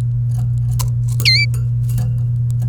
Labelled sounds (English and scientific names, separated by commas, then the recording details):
Domestic Canary (Serinus canaria) song
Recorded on 28 April 2018 at 07:31
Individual llb3